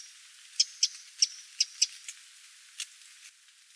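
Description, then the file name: Eurasian wren calling with a series of sharp, high, clicking tick notes spaced unevenly, about five in quick succession, then a few softer ticks. "Troglodytes troglodytes"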